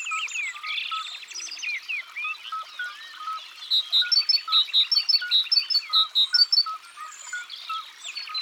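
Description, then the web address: Great tit song, a run of sharp paired high notes repeated evenly for a few seconds, set in a busy chorus of other chirping and twittering birds. "Mesange charbonniere. abc de la nature"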